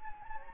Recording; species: mosquito wingbeat signal from an infrared sensor; Anopheles gambiae